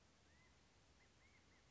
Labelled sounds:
California Quail (Callipepla californica)

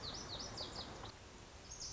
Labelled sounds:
Lazuli Bunting (Passerina amoena)

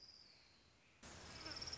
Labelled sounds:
Orange-crowned Warbler (Leiothlypis celata)

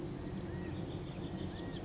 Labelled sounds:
California Quail (Callipepla californica)

